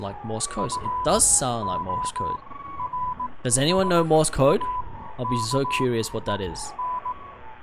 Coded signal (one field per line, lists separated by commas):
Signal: Morse code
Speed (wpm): 18 wpm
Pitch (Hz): 1000 Hz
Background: speech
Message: FORSAKEN